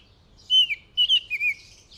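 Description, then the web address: Northern oriole with a brief whistled phrase: one clear note that drops at its end, then several short wavering whistles, against a quiet background. "Northern Oriole. صدای-پرنده-اوریول-شمالی"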